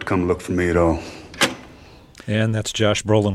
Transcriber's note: soundbite of phone hanging up